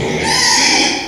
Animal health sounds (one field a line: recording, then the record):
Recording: squeal of a Yucatan mini pig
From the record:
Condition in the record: before surgery on the right vocal fold (resection and tissue-engineered implant)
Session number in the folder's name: 2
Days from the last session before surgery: 0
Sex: male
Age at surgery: 12 weeks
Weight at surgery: 13 kg